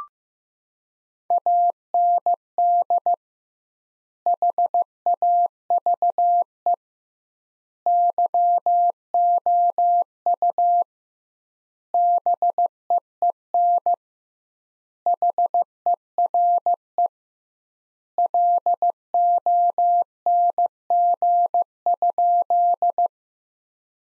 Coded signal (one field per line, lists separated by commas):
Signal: Morse code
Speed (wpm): 15 wpm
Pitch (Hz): 700 Hz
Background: none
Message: AND HAVE YOU BEEN HERE LONG?